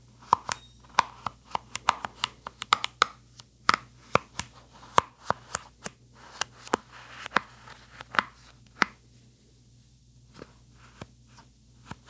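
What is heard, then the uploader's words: Stiff brush bristles pop and snap in quick, uneven bursts, dense for the first nine seconds, then thinning to a few scattered clicks. Each pop is sharp and bright with a brief papery rustle. A low, steady hum sits underneath throughout. Popping Brush Bristles.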